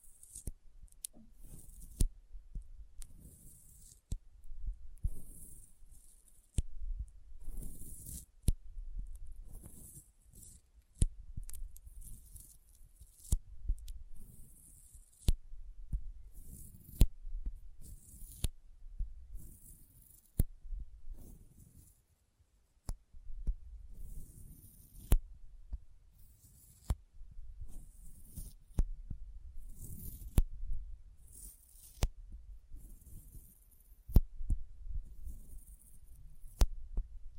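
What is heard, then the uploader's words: Sticky fingers peel and tap in a steady stream of soft low thumps and sharp clicks, with faint hiss between them and brief pauses. ASMR Intense Sticky Finger Sounds (No Talking).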